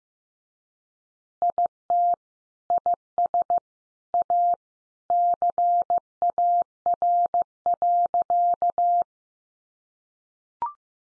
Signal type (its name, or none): Morse code